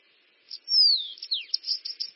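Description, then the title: Bananaquit song: a short, high, thin buzzy phrase, a descending slurred whistle followed by rapid sizzling chips. "Canto De Cambacica"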